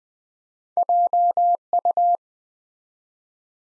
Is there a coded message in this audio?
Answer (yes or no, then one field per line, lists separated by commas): yes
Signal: Morse code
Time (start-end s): 0.8-2.2 s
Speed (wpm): 20 wpm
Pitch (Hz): 700 Hz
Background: none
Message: JU